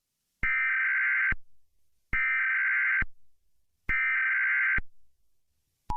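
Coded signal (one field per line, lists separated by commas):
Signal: Emergency Alert System (SAME) tones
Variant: header bursts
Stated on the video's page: Fictional EAS scenario; the alert is not a real government message or emergency broadcast.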